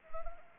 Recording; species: mosquito wingbeat signal from an infrared sensor; Anopheles arabiensis